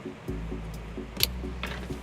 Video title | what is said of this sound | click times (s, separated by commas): 2014 Toyota RAV4 Trailer Wiring Installation | one slides into this one make sure it clicks into place | 1.2 s